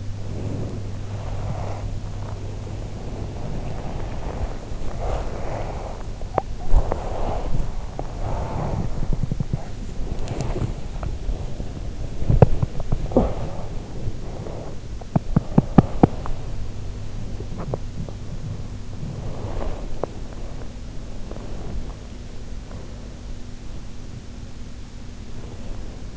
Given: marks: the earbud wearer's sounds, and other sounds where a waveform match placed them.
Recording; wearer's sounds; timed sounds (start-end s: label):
sounds in sleep by an in-ear microphone; body movement, teeth grinding, swallowing
0.00-26.17 s: body movement
12.07-13.76 s: teeth grinding
14.92-16.60 s: teeth grinding
16.95-18.26 s: swallowing